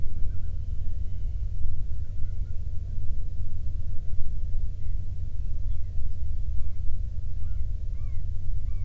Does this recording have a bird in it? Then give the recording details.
yes. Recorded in the Prudhoe Bay oil fields, Alaska, on 13 June 2019 at 00:06. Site 24